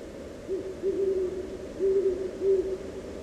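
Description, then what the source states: Owl gives a series of low, soft hoots, a few notes, a pause, then a few more, over quiet background hiss. Owl calling somewhere at night, described as 'ooh, ooh', over a snowy moonlit meadow in late December; field recording by Jacob Job, Rocky Mountain National Park, Colorado.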